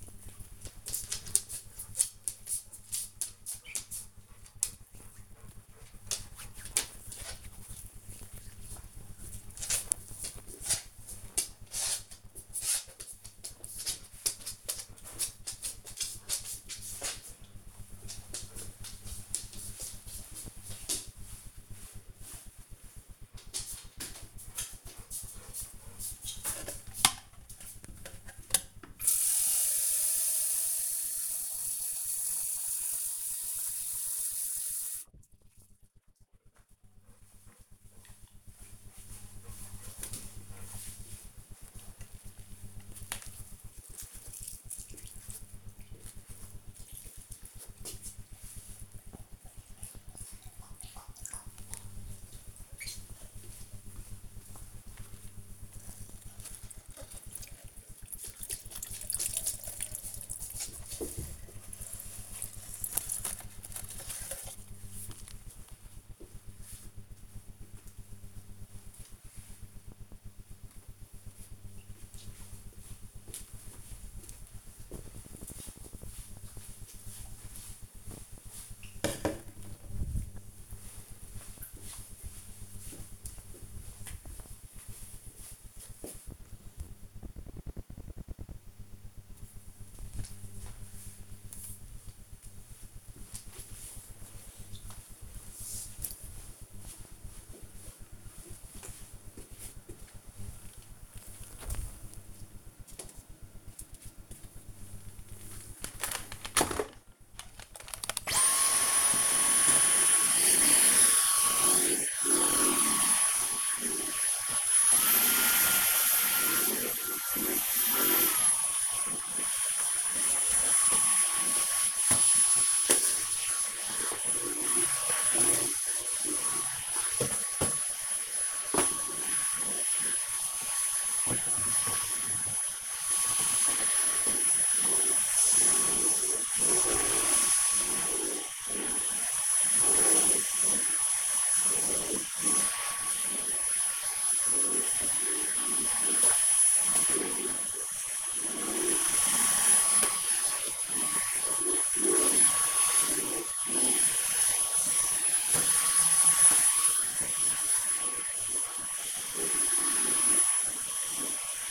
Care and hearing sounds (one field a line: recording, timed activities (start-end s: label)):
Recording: household activities, microphone on the right wrist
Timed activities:
0.00-10.76 s: cream hands
24.85-70.15 s: watering plant
104.35-161.71 s: vacuum cleaning